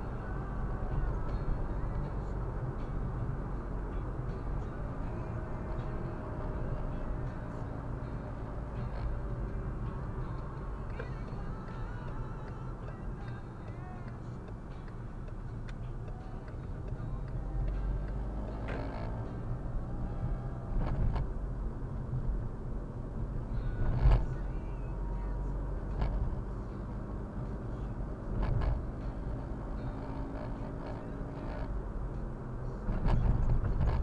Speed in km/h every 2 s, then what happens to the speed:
61, 57, 54, 52, 49, 45, 38, 32, 28, 36, 41, 41, 43, 47, 49, 52, 53.
0-15 slows to 28. 15-19 speeds up to 41. 23-34 speeds up to 53.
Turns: none.